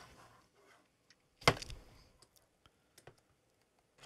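A newly made EC5 cable connector is plugged into the battery pack's mating plastic connector, producing one sharp, loud snap at 1.5 s. A few softer ticks and taps follow, around 1.6–1.7 s and 3.0–3.1 s. The connector seats and fits the battery pack well.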